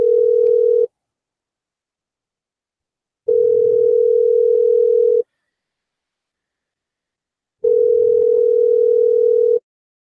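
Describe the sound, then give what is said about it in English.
A muffled, fake-sounding telephone ringback tone on a call to Dog Bell Repair after hours at Christmas: three steady, low, humming rings, the first cut short and the next two about two seconds each, separated by silent pauses, with no talking. “There's our fake ring. Hear that weird fake. It's like a quiet, muffled, like.”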